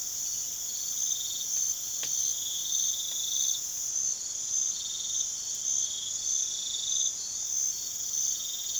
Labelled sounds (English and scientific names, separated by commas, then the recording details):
none
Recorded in pastures near Puerto Asís, Putumayo, Colombia, on 21 March 2025 at 00:30
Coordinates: 0.487, -76.322
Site G077